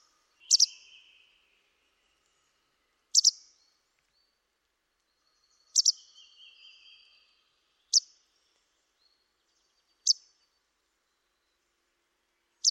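Bird calls: loud, high, sharp chips, some doubled, every two to three seconds, a few followed by a thin, lower note.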